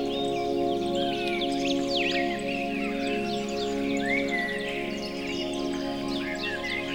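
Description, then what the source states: Bird chirps and brief twitters scattered throughout, with sustained musical tones beneath. Birdsong mixed with music.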